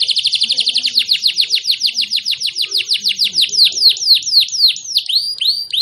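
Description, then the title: Canary song: a fast roll of loud, downward-sweeping high notes, slowing toward the end into wider, separate swoops. Canary (kenari) whose song is described as gacor, ngotot and a long roll (roll panjang), meant to make other canaries answer right away (langsung nyaut). "LANGSUNG NYAUT GACOR DOR Kenari Manasaja, Dengan Kicau Kenari GACOR NGOTOT ROLL PANJANG"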